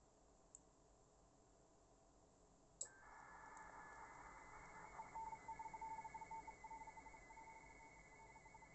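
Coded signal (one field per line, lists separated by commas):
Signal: RTTY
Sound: static, then a rapid warbling two-tone teletype chatter with a faint lower tone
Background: radio static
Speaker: so he's heard me that time m7frs 599 14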